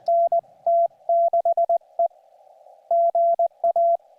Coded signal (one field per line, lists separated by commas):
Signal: Morse code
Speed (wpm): 19 wpm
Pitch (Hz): 680 Hz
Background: none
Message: NT6E GA